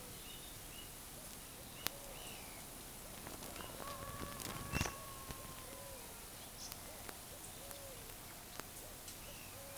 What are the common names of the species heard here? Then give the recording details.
none. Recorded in forest near Pivijay, Magdalena, Colombia, on 16 April 2023 at 16:30. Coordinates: 10.467, -74.380. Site Z5-G034